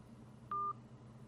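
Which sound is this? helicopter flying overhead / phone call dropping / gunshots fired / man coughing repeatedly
phone call dropping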